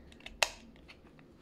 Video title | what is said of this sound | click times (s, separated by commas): unboxing nerf gun | into that x and then it loads until you hear a click | 0.4 s